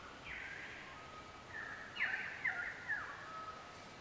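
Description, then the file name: Shrike calls in a grating, buzzy series, three loud rasping notes about half a second apart after softer opening calls, with a faint thin whistle and constant background hiss. "verdugo"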